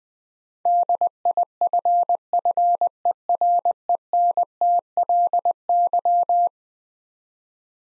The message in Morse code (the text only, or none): DIFFERENTLY